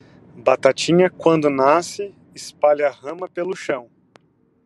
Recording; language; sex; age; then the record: short text; Brazilian Portuguese; male; 30 to 39 years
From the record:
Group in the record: control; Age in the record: 31 years